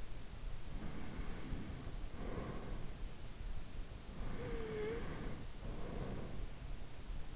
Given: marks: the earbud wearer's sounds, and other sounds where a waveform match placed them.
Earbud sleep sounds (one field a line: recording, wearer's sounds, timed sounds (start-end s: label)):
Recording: sounds in sleep by an in-ear microphone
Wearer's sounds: breath, snoring breath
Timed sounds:
0.71-2.85 s: breath
4.14-6.51 s: snoring breath